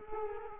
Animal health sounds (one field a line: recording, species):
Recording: mosquito wingbeat signal from an infrared sensor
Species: Culex quinquefasciatus